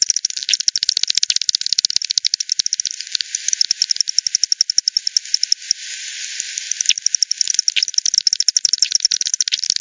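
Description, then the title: Bats produce rapid, regular clicking trains broken by short pauses, one quieter hissing gap midway before the quick clicks return. Multiple bats at Hogsmill River, Hogsmill Lane, 7 October 2020 at 18:10; frequency-divided by ten, bandpass-filtered and resampled. "WW bat 20201007 T 18 : 10 Z-Hogsmill-Lane-Hogsmill-River-multiple-bats"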